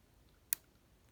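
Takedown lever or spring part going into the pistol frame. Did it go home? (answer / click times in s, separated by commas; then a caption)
yes / 0.5 s. During reassembly of a compact pistol, a small spring-loaded metal takedown lever part is pressed all the way down against a light spring into the pistol frame. A single sharp, bright click sounds at 0.5 s over quiet background. The part clicks home and is seated.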